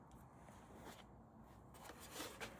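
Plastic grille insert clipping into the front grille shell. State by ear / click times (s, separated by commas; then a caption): not seated / none. A plastic grille insert is handled against the front grille shell of a Tacoma TRD Pro as it is worked toward its clips, producing soft rustling and brief scraping crackles, with slightly louder bursts near 0.9, 1.9, 2.2 and 2.4 seconds. Nothing has seated or clicked yet.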